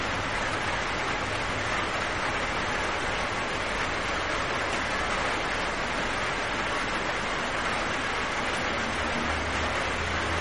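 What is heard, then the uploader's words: Heavy rain falls in a dense, unbroken hiss that stays level from start to finish, strongest in the middle and upper range. A low rumble sits underneath and thickens slightly near the end. Sounds of rain storms.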